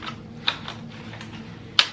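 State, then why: Seated. The two clips of a drop-leg holster mount are slid back into the holster receiver on the hip platform until they lock. Two sharp clicks are heard at 0.5 s and 1.8 s, with a few fainter ticks between them. Both clips are seated and secured.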